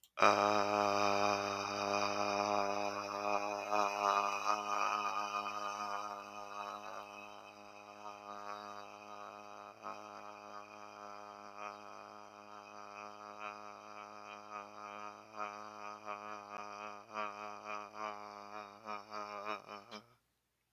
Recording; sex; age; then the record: vowel held as long as possible; male; 20 to 29 years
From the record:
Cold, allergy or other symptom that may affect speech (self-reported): no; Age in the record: 24 years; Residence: Ohio, United States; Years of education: 17